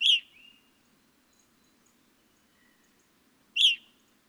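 Evening grosbeak calls: two loud harsh chirps about three and a half seconds apart, the first followed by a soft whistle.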